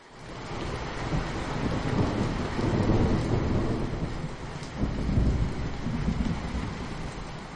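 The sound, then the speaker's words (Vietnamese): A deep, rolling thunder clap rumbles continuously, swelling in loudness midway and again toward the end, with a low, broad roar and no voices, as lightning strikes and shatters the wooden signboard of the Trấn Nam Vương Phủ. “Một tiếng sấm vang, tia chớp xé rách hư không rơi vào tấm bảng trấn Nam Vương phủ.”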